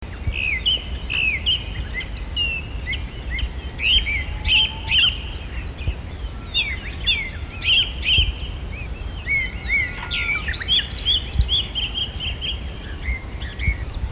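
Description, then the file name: Japanese Thrush song: varied clear whistled phrases and sharp chirps, repeated throughout, over a steady low background rumble. "kurotugumi"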